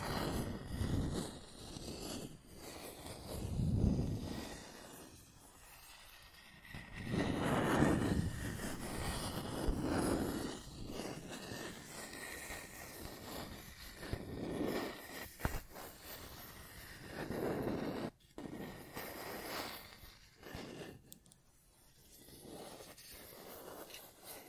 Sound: Scratching and Tracing Sounds